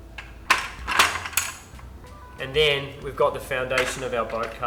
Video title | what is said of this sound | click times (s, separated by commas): First Thoughts - Episode Six: Railblaza C-Tug Boat Cart Review | we just pop them on there's like a little latch there to keep it in place | 0.5 s